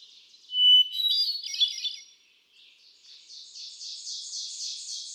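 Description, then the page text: Hermit thrush song: a pure whistled opening note leading into a rapid, ethereal flurry of high, fluty notes, then softer trailing phrases. One male cycling through a repertoire of about ten different songs; recorded 13 June 2006 at Quabbin Park, Ware, Massachusetts. "Birdsong for the Curious Naturalist. Hermit thrush"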